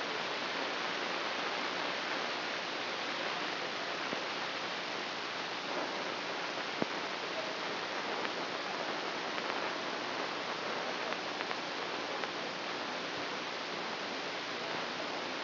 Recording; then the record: brain microelectrode recording played as sound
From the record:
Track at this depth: inside the subthalamic nucleus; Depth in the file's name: 1.529 mm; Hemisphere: right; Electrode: 3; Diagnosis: Parkinson's disease